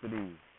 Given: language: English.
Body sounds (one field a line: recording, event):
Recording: throat vibration sensor signal played as sound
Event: speech